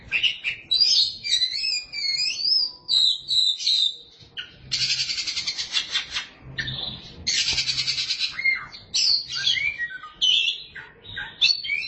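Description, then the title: Oriental magpie-robin singing a rich, fast medley of whistles, harsh buzzy bursts and chattering notes, nearly continuous with brief gaps. Chirping song (kicauan) of the bird. "Suara Kicauan Burung Kacer Durasi Panjang"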